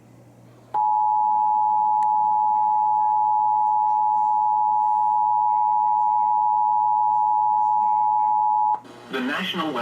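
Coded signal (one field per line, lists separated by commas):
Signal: Emergency Alert System (SAME) tones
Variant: 853 and 960 Hz attention tone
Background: speech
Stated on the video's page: EAS severe weather alerts received from distant Massachusetts and New Hampshire stations via tropospheric propagation (tropo).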